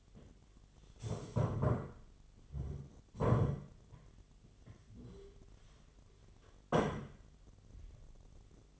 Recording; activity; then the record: daily activity, microphone in the room; stand up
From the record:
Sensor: 4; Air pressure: 1008.6 hPa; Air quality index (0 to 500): 171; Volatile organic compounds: 5 ppm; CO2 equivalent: 1713 ppm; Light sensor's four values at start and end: 23/72/27/26 and 23/72/27/26